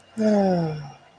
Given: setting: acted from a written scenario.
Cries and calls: vocal sound without words; serenity

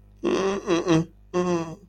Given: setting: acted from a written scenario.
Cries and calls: vocal sound without words; guilt

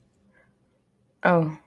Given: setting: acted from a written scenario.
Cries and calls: vocal sound without words; disappointment

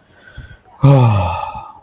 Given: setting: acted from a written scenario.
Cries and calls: vocal sound without words; relief

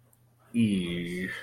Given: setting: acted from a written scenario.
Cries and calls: vocal sound without words; embarrassment

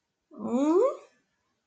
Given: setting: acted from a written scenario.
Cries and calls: vocal sound without words; confusion

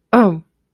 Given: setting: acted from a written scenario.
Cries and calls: vocal sound without words; realization

